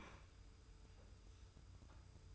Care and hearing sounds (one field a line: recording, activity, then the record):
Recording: daily activity, microphone in the room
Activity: open fridge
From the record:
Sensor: 2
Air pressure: 990.9 hPa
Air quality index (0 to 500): 127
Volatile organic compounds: 119 ppm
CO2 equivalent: 3869 ppm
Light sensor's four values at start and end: 22/52/21/21 and 22/52/21/21